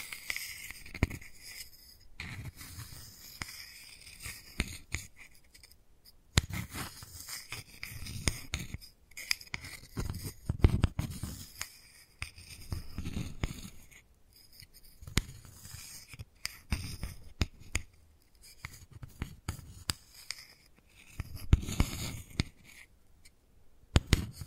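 Wooden balls are handled and rolled, giving uneven bursts of scraping, scratching and soft knocking with brief pauses between. Sharp clicks and taps stand out now and then, at around 1, 6, 15 and 24 seconds, over a low, muffled rumbling of the movement.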